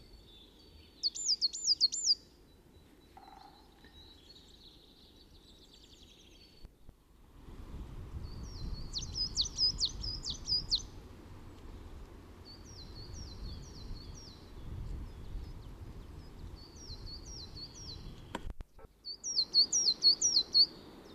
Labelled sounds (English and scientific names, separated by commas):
Coal Tit (Periparus ater) song